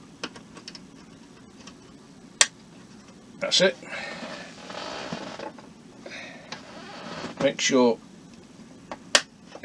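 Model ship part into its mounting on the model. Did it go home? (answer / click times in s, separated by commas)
yes / 9.2 s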